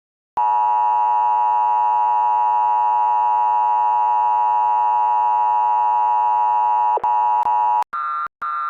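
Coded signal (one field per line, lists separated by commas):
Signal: Emergency Alert System (SAME) tones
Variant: 853 and 960 Hz attention tone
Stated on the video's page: Fictional scenario alert titled 'The sky is falling', presented in real time.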